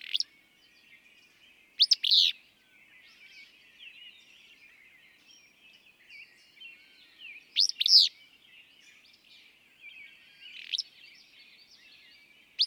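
Willow flycatcher sings quick, rough, burred two-note phrases, spaced several seconds apart, plus a lone note near the end amid faint twittering birds.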